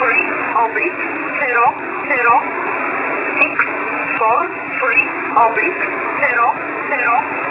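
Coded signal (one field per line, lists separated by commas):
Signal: numbers station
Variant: E11 Oblique, English female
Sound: short, evenly spaced spoken words like numbers, in a narrow, noisy radio voice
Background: radio static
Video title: "E11" 6849kHz USB January 23th 2020 14:00 EST - Number Station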